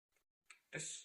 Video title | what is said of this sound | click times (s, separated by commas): Review dan test akurasi -- bocap predator tactikal 500cc lipat | Seperti ini diklik. | 0.5 s